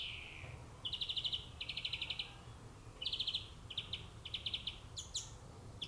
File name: Chloris chloris